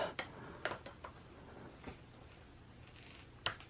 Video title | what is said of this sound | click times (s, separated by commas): Manitou Dorado Expert DAMPER Leg Oil Change Service VLOG | okay did you get that I heard a little click that should be good it's not very tight at all | 3.5 s